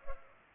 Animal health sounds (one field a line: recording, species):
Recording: mosquito wingbeat signal from an infrared sensor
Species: Culex pipiens